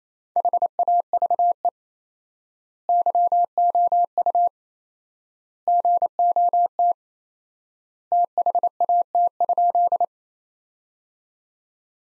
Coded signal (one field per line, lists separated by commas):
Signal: Morse code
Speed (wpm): 28 wpm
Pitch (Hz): 700 Hz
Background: none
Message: HAVE YOU GOT THAT?